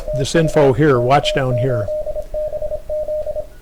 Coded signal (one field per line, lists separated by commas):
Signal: Morse code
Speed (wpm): 25 wpm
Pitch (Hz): 630 Hz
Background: speech, radio noise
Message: TU K8BZ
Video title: CW Ops Contest